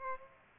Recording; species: mosquito wingbeat signal from an infrared sensor; Aedes aegypti